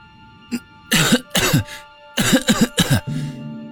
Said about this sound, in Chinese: 震动的余波渐渐平息，掉落的碎石与尘土稀稀拉拉地打在穆剑云身上，一股霉变的气息混杂着扬起的灰尘充斥鼻腔，呛得他忍不住捂着口鼻咳嗽了起来。